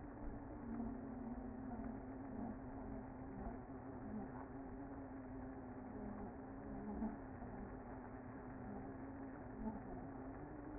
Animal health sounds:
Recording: honeybee colony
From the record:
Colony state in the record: active

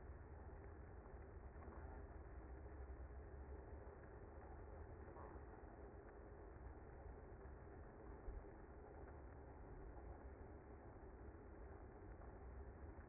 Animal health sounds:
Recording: honeybee colony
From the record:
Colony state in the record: active

